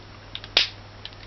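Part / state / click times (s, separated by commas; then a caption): loaded magazine into pistol magazine well / seated / 0.6 s. A magazine loaded with 10 rounds, which is tough to snap in when full, is pushed up into the grip of a Beretta PX4 Storm Sub Compact pistol. A few faint ticks are heard before a sharp, loud snap at 0.6 s, followed by softer clicks near 1.1 s and 1.2 s. The magazine seats in the grip with that snap at 0.6 s.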